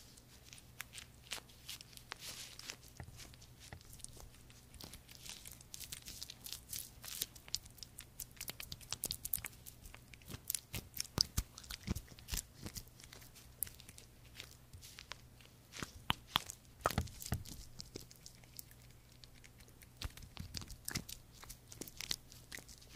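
Sticky handling of creamy products, a rapid stream of small wet clicks and squelches that keeps going for the whole clip with brief denser bursts. A faint, steady low hum sits underneath.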